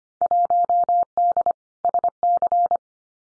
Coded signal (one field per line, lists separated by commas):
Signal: Morse code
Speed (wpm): 25 wpm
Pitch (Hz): 700 Hz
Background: none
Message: 1D SC